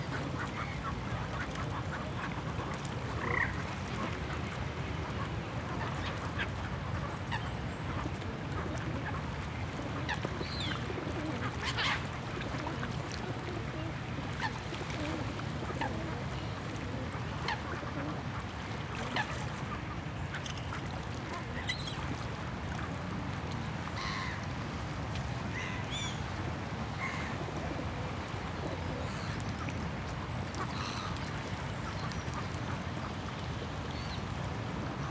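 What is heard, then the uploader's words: Birds at a park pond keep up a dense, steady clamor of quacks and honks, with scattered brighter calls over a low constant rumble. Feeding The Birds at the Park.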